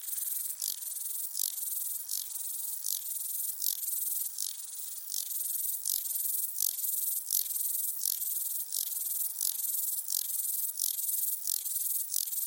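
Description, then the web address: Rattle grasshopper sound, a long run of crisp rasping pulses, high and noisy, repeating about every two thirds of a second with little variation. Écrins National Park. "ecrins-parcnational criquetjacasseur"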